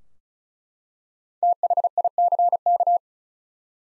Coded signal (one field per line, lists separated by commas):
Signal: Morse code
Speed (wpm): 36 wpm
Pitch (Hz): 700 Hz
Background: none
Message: THICK